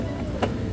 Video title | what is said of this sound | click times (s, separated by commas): All Our 2023 Halloween Animatronics Unboxing Video Compilation | these poles on the satisfying snap I love that part | 0.4 s